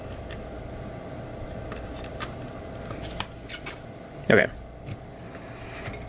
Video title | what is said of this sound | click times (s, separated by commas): Nintendo 3DS XL 2015 Top LCD pt 2 FINAL | there we go and then it kind of snaps into place on the end | 3.2 s, 4.3 s